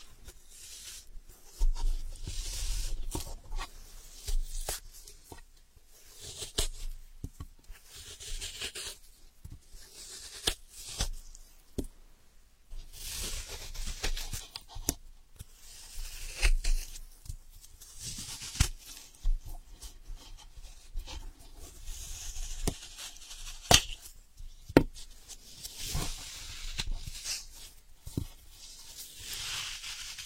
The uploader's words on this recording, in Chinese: 姐姐抠耳朵催眠1（声控助眠）。